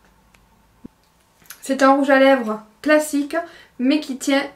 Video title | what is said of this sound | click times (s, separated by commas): Rouge à lèvres, encres à lèvres, mat, semi permanent, liquide... | hop pour vous dire qu'il est bien fermé quand on le ferme on entend un petit clic c'est | 1.5 s